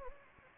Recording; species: mosquito wingbeat signal from an infrared sensor; Anopheles gambiae